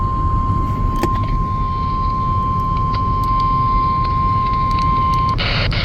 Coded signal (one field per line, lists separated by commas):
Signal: Emergency Alert System (SAME) tones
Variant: 1050 Hz attention tone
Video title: FFA on KDO94, WNG698 and KHB59 (only EOM on KHB59) (EAS #296-298)